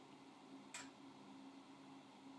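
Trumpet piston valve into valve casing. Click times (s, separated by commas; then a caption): 0.8 s. A metal trumpet piston valve is dropped into its valve casing and turned clockwise by its top until the valve guide clicks into its slot with a small, sharp tick at 0.8 s. After the tick the valve no longer turns and is seated in the right spot, with a faint steady hum in the background.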